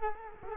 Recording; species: mosquito wingbeat signal from an infrared sensor; Culex quinquefasciatus